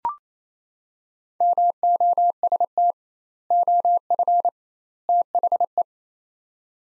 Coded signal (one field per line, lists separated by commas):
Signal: Morse code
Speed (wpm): 28 wpm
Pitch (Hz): 700 Hz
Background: none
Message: MOST OF THE